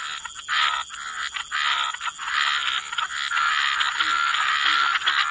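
Frog chorus, dense overlapping croaks merging into a continuous rasping wash, with a constant high-pitched hiss behind.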